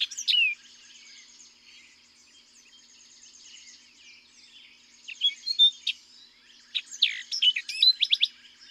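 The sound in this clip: Orchard oriole song: a brief note, then a long quiet spell of faint, thin high twittering, before two lively bursts of slurred whistles and chatters.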